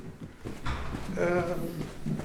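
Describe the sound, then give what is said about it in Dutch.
Footsteps thud down one flight of stairs in a few uneven, hollow knocks during a tour of the Plantage Dok building, while a voice briefly murmurs over the steps partway through. “We lopen nu, we zijn één trap naar beneden gegaan.”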